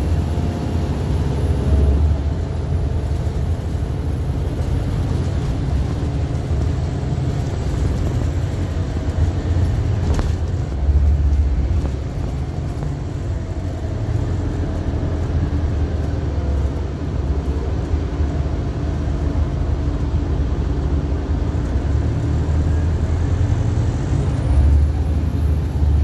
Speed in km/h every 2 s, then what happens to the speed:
64, 66, 64, 60, 53, 44, 37, 31, 15, 6, 10, 16, 26.
0-5 steady at about 64. 5-18 brakes to 6. 18-26 speeds up to 26.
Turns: none.